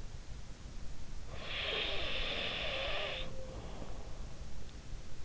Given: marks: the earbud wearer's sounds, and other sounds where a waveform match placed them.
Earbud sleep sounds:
sounds in sleep by an in-ear microphone; snoring breath
1.19-4.17 s: snoring breath

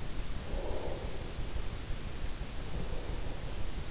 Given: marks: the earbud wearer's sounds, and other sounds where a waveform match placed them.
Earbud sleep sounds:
sounds in sleep by an in-ear microphone; breath
0.12-3.38 s: breath

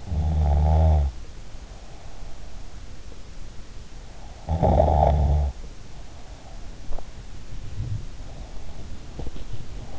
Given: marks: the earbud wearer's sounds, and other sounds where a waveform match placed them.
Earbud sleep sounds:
sounds in sleep by an in-ear microphone; snoring breath
0.00-2.74 s: snoring breath
4.49-6.59 s: snoring breath
7.58-9.99 s: sound from someone else or the room

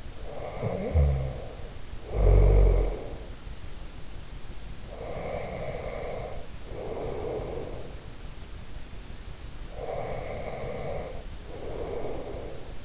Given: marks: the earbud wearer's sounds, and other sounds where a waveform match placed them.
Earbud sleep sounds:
sounds in sleep by an in-ear microphone; snoring breath, breath
0.00-3.34 s: snoring breath
4.77-7.94 s: breath
9.66-12.85 s: breath

